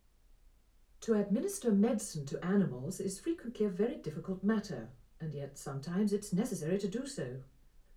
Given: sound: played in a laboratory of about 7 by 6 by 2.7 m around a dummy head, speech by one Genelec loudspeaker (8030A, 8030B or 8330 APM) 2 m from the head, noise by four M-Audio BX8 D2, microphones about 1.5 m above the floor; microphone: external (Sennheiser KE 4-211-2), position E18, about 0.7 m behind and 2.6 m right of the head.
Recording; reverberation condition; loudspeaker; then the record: female speech in English; low; 120 degrees to the left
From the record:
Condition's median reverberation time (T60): about 310 ms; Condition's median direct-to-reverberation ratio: about 3.5 dB